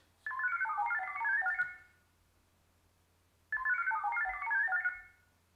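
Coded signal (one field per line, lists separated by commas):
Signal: HF data modem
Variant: VARA HF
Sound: two short warbling bursts of rapidly changing chord-like tones separated by silence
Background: low hum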